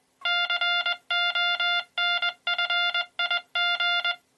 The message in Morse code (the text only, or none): CONFIG